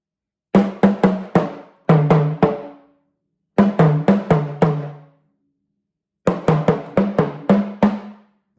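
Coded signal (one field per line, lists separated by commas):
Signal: talking drum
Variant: Yoruba, sakara drum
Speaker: I'm inserting one of my nephew's name in it and it goes like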